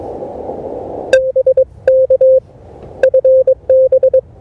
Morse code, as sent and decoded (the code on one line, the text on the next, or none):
. ... -.- / ..-. -...
ESK FB